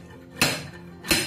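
A homemade puller made from used washing-machine parts is worked on the plastic agitator of a Brastemp/Consul washing machine until the agitator pops loose from its drive shaft with a sharp knock at 0.4 s. A second, slightly softer knock follows at 1.1 s. The agitator is released from the shaft.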